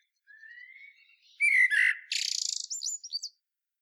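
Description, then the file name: Common blackbird singing, opening with a soft rising whistle, then rich fluted notes and a rapid high, scratchy twittering flourish. "Turdus merula"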